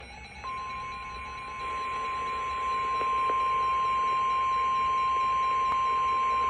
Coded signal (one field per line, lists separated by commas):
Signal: Emergency Alert System (SAME) tones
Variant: 1050 Hz attention tone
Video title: 7/30/21 Severe Thunderstorm Warning (EAS#61)